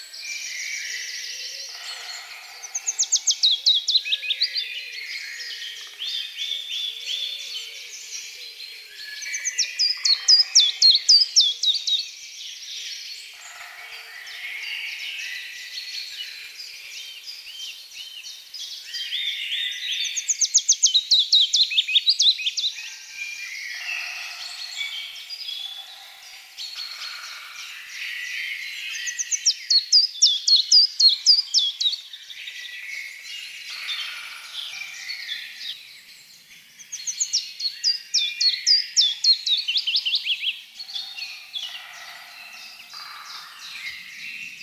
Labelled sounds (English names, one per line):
Common Chiffchaff song